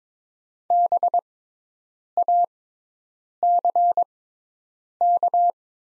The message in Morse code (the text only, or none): BACK